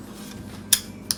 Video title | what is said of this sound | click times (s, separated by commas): Best GoPro Hero 8 Blogging Cases #GoProHero8 #GoProHero8Cases #GoPro8Accessories #GoPro8Blogging | I like that how that clicks right into place very secure very secure okay | 0.7 s, 1.1 s